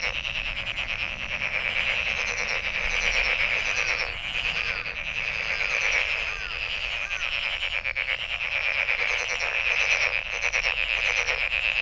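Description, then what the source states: A continuous frog chorus of rapid rattling trills, with scattered short chirping notes mixed through the steady drone. Recorded 23 May 2008.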